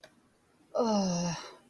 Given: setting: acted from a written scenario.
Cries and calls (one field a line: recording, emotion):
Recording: vocal sound without words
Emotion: embarrassment